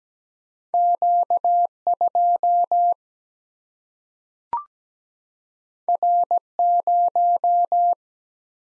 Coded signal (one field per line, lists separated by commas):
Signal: Morse code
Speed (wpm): 17 wpm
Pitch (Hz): 700 Hz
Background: none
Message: Q 2 R 0